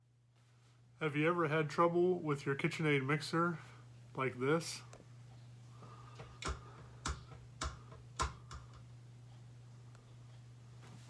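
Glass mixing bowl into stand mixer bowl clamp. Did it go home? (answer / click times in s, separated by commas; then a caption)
no / none. Someone talks, then a glass mixing bowl is twisted onto the bowl clamp of a KitchenAid stand mixer, rattling and giving several sharp ticks. The bowl does not snap or lock in place, and nothing has seated or clicked yet.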